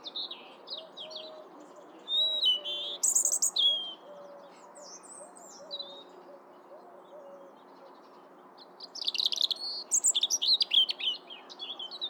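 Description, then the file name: European robin delivering high, varied warbling phrases with pauses between, while a faint series of low soft notes runs underneath through the middle. "Erithacus rubecula"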